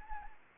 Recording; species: mosquito wingbeat signal from an infrared sensor; Anopheles arabiensis